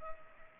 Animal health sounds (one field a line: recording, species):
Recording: mosquito wingbeat signal from an infrared sensor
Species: Culex pipiens